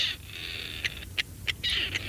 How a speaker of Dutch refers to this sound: Want dit is hem, hè, de patrijs? Dit is een patrijs, ja.